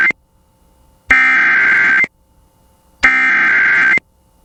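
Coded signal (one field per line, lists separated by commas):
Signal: Emergency Alert System (SAME) tones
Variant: header bursts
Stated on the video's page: Severe thunderstorm warning EAS alert relayed on an FM station.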